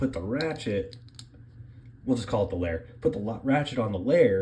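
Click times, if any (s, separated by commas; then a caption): none. A plastic ratchet is being placed onto the layer of a Beyblade X Dran Sword 3-60 F spinning top while someone talks, with only faint handling ticks around 1.2 seconds. Nothing has seated or clicked yet.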